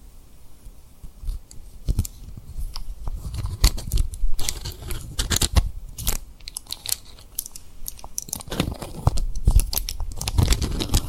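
Tapping and rubbing on rhinestones comes through as a steady run of crisp clicks and short scratchy brushes, dense and irregular throughout. Sharp taps land several times a second, with some heavier bursts near the middle and again near the end, over a low soft rumble.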